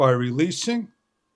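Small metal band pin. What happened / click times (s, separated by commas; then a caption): Handled, not yet home: no seating click from the band pin / none. Someone talks while handling the quick-release pin of a band on a WalkerFit men's smart watch (1.43" round AMOLED, 5ATM waterproof), letting go of the knob so the band's spring pin can lock into the watch case lug. The talking ends around 0.9 s, followed by silence. Nothing has seated or clicked yet.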